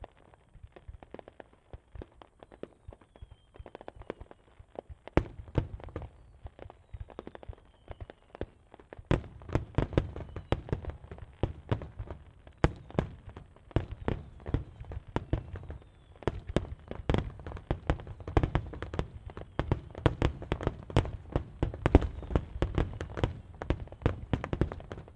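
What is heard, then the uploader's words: Fireworks in Shiga, Japan crackle in dense, rapid bursts of sharp pops over a low rumble, thickening after five seconds and again near sixteen. Yasugawa Fireworks. Fireworks at Ritto City and Yasu City, Shiga Prefecture, Japan. Recorded with an Autio-Technica BP2045 microphone and Tascam DR-70 recorder (mic gain low, input level knobs about 11:30).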